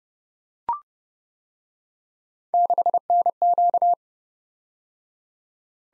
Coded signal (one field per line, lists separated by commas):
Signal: Morse code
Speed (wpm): 29 wpm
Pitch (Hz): 700 Hz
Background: none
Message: 6NQ